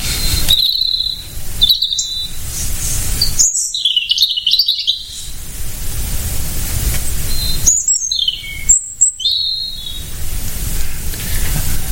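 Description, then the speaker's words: European robin song: scattered high thin whistles and tumbling twittery phrases separated by pauses, over loud background noise. Sings in winter as well as summer; very common in gardens; played from a recording. "Joli, hein, le chant du rouge-gorge."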